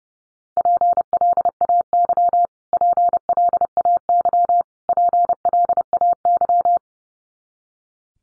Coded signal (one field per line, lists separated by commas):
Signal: Morse code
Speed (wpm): 30 wpm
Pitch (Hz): 700 Hz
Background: none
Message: PLAY PLAY PLAY